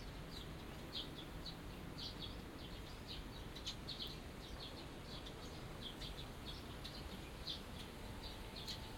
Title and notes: 小鳥のさえずり、雨上がりの庭園にて（Binaural）- Birds singing in the garden. 湯島天神の片隅にある小さな庭園で録音しました。